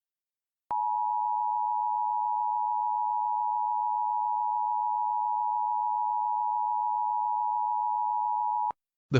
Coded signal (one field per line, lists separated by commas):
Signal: Emergency Alert System (SAME) tones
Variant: 853 and 960 Hz attention tone